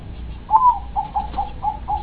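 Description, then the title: Dove giving a strong opening coo followed by a run of short, evenly spaced hooting notes, against a low rumbling background. "Canto Da Pomba"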